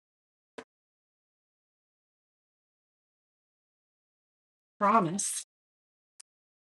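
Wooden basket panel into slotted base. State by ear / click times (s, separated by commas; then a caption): seated / 6.2 s. A wooden (MDF) pumpkin basket panel is pressed into the snug slot of its slotted base. A short knock comes at 0.6 s, then someone talks briefly. A sharp, tiny click at 6.2 s marks the panel popping into place and seating.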